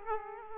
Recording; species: mosquito wingbeat signal from an infrared sensor; Aedes aegypti